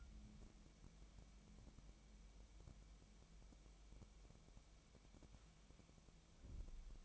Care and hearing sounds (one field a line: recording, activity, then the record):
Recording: daily activity, microphone in the room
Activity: wipe stove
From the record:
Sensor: 1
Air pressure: 1001.6 hPa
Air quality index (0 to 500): 218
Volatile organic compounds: 28 ppm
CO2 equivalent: 2906 ppm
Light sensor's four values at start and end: 8/29/10/11 and 8/29/10/11